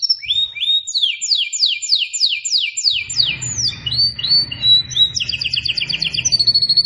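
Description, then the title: Canary singing a fast run of repeated downward-swept whistles that flows into rolling trills and bright chattering phrases, with a low hum joining partway through. Singing described as gacor, meaning vigorous, persistent song. "Kenari Gacor"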